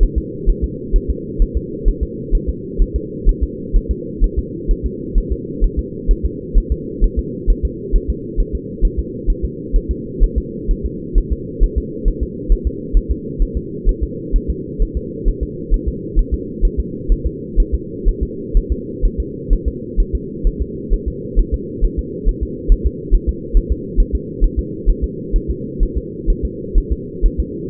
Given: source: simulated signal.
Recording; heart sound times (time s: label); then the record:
fetal heart sounds
0.03 s: S1
0.18 s: S2
0.50 s: S1
0.64 s: S2
0.96 s: S1
1.10 s: S2
1.42 s: S1
1.57 s: S2
1.89 s: S1
2.03 s: S2
2.35 s: S1
2.49 s: S2
2.82 s: S1
2.96 s: S2
3.29 s: S1
3.43 s: S2
3.76 s: S1
3.91 s: S2
4.24 s: S1
4.38 s: S2
4.71 s: S1
4.86 s: S2
5.18 s: S1
5.32 s: S2
5.64 s: S1
5.79 s: S2
6.11 s: S1
6.25 s: S2
6.58 s: S1
6.72 s: S2
7.04 s: S1
7.19 s: S2
7.50 s: S1
7.65 s: S2
7.96 s: S1
8.10 s: S2
8.40 s: S1
8.55 s: S2
8.85 s: S1
8.99 s: S2
9.30 s: S1
9.45 s: S2
9.76 s: S1
9.91 s: S2
10.23 s: S1
10.38 s: S2
10.71 s: S1
10.86 s: S2
11.18 s: S1
11.32 s: S2
11.64 s: S1
11.78 s: S2
12.08 s: S1
12.23 s: S2
12.52 s: S1
12.67 s: S2
12.97 s: S1
13.11 s: S2
13.42 s: S1
13.57 s: S2
13.89 s: S1
14.03 s: S2
14.36 s: S1
14.50 s: S2
14.82 s: S1
14.97 s: S2
15.28 s: S1
15.43 s: S2
15.74 s: S1
15.88 s: S2
16.19 s: S1
16.34 s: S2
16.65 s: S1
16.80 s: S2
17.12 s: S1
17.27 s: S2
17.60 s: S1
17.74 s: S2
18.09 s: S1
18.23 s: S2
18.57 s: S1
18.72 s: S2
19.05 s: S1
19.20 s: S2
19.53 s: S1
19.68 s: S2
20.00 s: S1
20.15 s: S2
20.47 s: S1
20.62 s: S2
20.93 s: S1
21.08 s: S2
21.39 s: S1
21.54 s: S2
21.84 s: S1
21.99 s: S2
22.29 s: S1
22.43 s: S2
22.72 s: S1
22.86 s: S2
23.14 s: S1
23.29 s: S2
23.57 s: S1
23.72 s: S2
24.00 s: S1
24.15 s: S2
24.44 s: S1
24.59 s: S2
24.90 s: S1
25.04 s: S2
25.36 s: S1
25.50 s: S2
25.83 s: S1
25.97 s: S2
26.30 s: S1
26.45 s: S2
26.78 s: S1
26.92 s: S2
27.26 s: S1
27.40 s: S2
From the record:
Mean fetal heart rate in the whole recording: 130 bpm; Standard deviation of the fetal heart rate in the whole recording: 4 bpm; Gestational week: 38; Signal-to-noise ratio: -4.1 dB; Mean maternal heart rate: no maternal heart sound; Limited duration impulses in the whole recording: absent